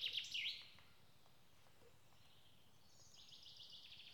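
Bird song in short bursts: a loud, quick warbled phrase at the very start, then near silence, then a softer twittering passage near the end.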